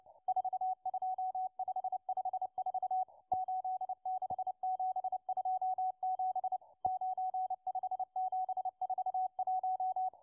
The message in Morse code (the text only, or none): 42554 86727 95741